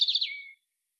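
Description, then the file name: European robin call: a brief cluster of high, thin chirping notes sliding down into a short fading whistle, lasting about half a second, then silence. "Erithacus rubecula"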